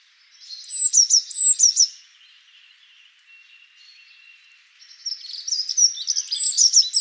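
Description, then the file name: Eurasian blue tit giving two short trills of sharp, high notes, a quiet thin whistle midway, then a longer busy run of chattering calls. "Cyanistes caeruleus"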